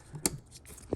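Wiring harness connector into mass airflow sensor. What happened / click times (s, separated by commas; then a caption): The plastic connector snapped into place / 0.3 s. A wiring harness electrical plug is pushed back onto the mass airflow sensor during intake reassembly on a 2015+ GM Yukon, Tahoe, Sierra or Silverado. A sharp snap is heard at 0.3 s, followed by a quieter low thump near 0.9 s. The connector is seated.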